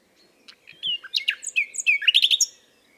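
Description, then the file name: Common nightingale song: a short burst of rich, varied chirps and liquid whistled notes, ending in a quick cluster of notes. "Luscinia megarhynchos"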